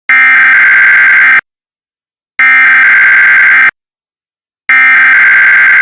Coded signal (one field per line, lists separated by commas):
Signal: Emergency Alert System (SAME) tones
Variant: header bursts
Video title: EAS-Malfunction Warning